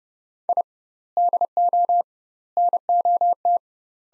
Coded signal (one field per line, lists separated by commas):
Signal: Morse code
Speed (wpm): 29 wpm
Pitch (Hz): 700 Hz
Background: none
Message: I DO NOT